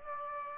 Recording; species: mosquito wingbeat signal from an infrared sensor; Aedes aegypti